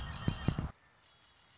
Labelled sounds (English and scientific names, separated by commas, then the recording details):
Red-winged Blackbird (Agelaius phoeniceus)
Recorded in Sonoma County, California